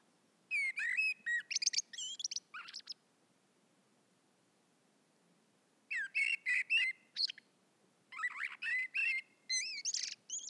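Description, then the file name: Common blackbird chatters in fast, scratchy bursts of clipped notes and high squeaks; a long silent gap falls between the first burst and two later ones. "Turdus merula"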